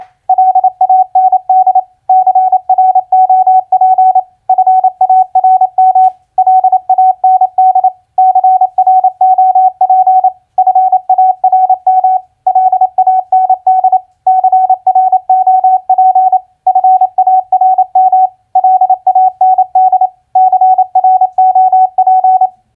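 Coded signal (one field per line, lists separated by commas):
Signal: Morse code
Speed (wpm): 28 wpm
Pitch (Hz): 750 Hz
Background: none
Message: LAND CROP FARM LAND CROP FARM LAND CROP FARM LAND CROP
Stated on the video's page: Morse practice of common four-letter word recognition played at 28 wpm.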